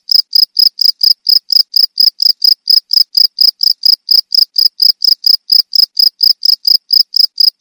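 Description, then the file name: Field cricket sounding a continuous run of sharp, high chirps at a brisk, even pace. Cricket of rice fields. "jangkrik sawah"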